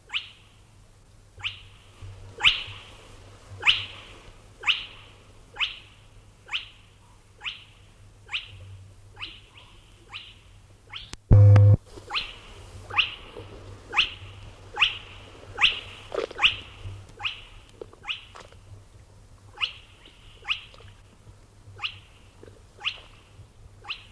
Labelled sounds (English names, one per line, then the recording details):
Spotted Crake
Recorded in the wild
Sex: male
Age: adult
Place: NSG Nonnenhof, Tollensesee, Mecklenburg-Vorpommern, DE
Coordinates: 53.4619, 13.1644
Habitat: wetland
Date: 1967-04-15 21:00
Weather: 4-6°C, zunehmender Sichelmond
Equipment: Tesla Uran, Parabolreflektor
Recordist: Jung, Norbert